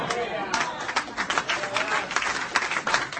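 A church audience breaks into steady applause during a pastor's sermon, a dense crackle of many hands clapping at once that holds at a fairly even loudness for a few seconds, with scattered sharper claps poking through.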